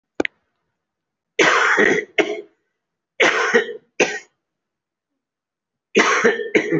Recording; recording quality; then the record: shallow voluntary cough; excellent, no background noise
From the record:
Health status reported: recovered from COVID-19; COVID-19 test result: positive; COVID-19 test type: RT-PCR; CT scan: taken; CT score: 5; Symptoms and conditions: cough, chronic lung disease, pneumonia, diabetes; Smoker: no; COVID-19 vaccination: none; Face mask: worn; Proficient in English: no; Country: India